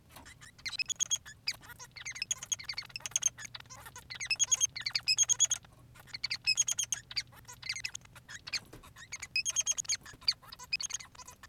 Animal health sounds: song of a male Bengalese finch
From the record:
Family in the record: son of father 3

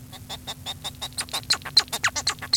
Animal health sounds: song of a male Bengalese finch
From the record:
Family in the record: son of father 1

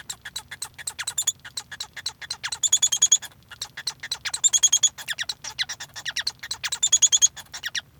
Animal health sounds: song of a male Bengalese finch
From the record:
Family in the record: son of father 1

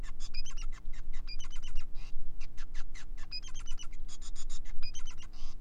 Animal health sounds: song of a male Bengalese finch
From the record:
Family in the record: son of father 5

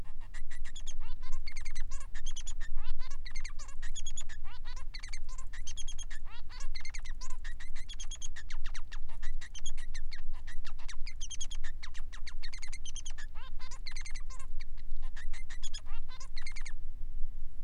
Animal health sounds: song of a male Bengalese finch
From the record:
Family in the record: son of father 3

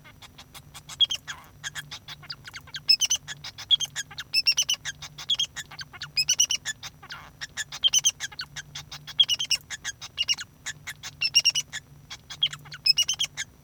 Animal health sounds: song of a male Bengalese finch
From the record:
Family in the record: son of father 2

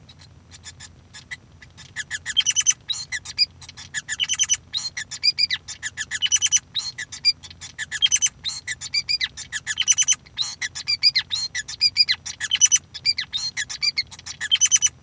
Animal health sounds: song of a male Bengalese finch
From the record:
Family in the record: son of father 5

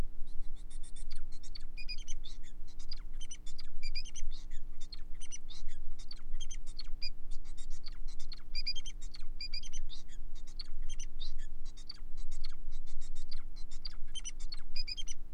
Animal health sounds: song of a male Bengalese finch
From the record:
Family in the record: son of father 4

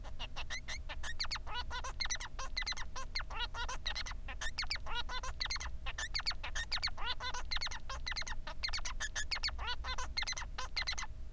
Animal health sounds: song of a male Bengalese finch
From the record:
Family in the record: son of father 3

